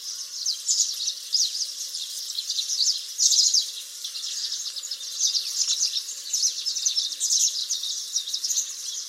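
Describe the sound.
House Sparrow calls, a busy stream of short, bright chirps in loose bursts that continue without a break.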